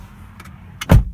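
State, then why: Seated. The driver's door of a 2018 Subaru WRX STI is shut from inside, with a faint brief tick at about 0.4 s before it closes. At 0.8 s the door latch catches into the body striker with a sharp click followed by a loud, low thunk. The door seats fully closed, with a very solid sound.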